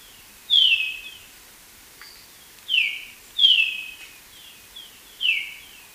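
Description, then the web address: Golden-rumped euphonia song: clear, descending whistled notes, some slurred and double, given at irregular intervals of under one to about two seconds. Recorded in Ecuador. "Birds of Ecuador. Golden-rumped Euphonia"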